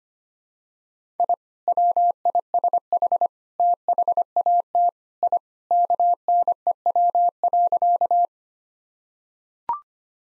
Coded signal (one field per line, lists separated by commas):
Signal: Morse code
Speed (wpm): 25 wpm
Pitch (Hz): 700 Hz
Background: none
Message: I WISH THAT I KNEW.